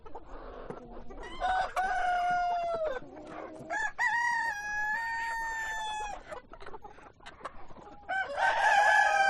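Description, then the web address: Chicken crowing: several rooster crows with sustained notes, hens clucking underneath. Hens and roosters at a poultry farm. "granja avicola sonidos de gallinas y gallos"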